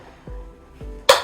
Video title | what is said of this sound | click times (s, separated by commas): How to Clean Your Shower Fast without Breaking your Back | and you'll hear a click | 1.1 s